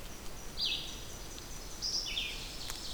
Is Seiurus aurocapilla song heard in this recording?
no